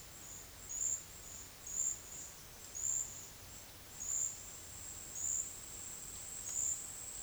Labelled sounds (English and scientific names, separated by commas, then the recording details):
none
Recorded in dense forest near Puerto Asís, Putumayo, Colombia, on 20 February 2024 at 13:00
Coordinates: 0.485, -76.322
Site G6406